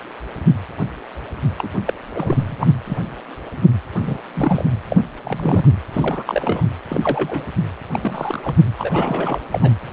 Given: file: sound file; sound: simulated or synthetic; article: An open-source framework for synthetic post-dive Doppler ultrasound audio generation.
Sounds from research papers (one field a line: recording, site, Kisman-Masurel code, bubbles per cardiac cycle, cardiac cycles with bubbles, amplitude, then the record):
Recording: Doppler ultrasound audio after a dive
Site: precordial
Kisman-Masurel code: 232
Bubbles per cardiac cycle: several, 3–8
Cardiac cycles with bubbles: 50–99%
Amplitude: moderate amplitude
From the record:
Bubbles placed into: full cardiac cycles